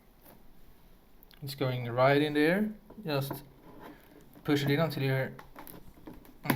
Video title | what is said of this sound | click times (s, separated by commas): $160 USED Budget Gaming PC Build! - How to Build A Gaming PC For Beginners [August 2020] | it clicks a little bit | 6.5 s